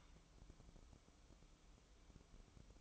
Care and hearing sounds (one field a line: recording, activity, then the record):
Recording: daily activity, microphone in the room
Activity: take from stove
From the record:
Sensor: 1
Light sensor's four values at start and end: 8/19/7/8 and 8/19/7/8